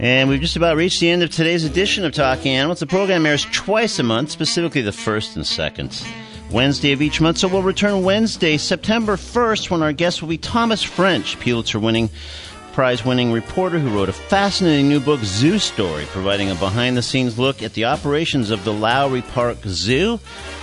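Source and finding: Adult male radio host. Normal speech.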